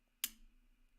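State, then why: Seated. A folding knife's blade is slowly rolled open until its backlock engages, locking the blade open. A single sharp, bright click is heard at 0.2 s, ringing briefly with a faint low tone before fading into quiet background hum. The backlock is seated.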